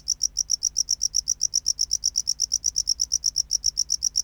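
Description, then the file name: Tropical house cricket singing a rapid train of clear, high chirps, evenly spaced and unbroken throughout. "Bio Acoustica Gryllodes sigillatus"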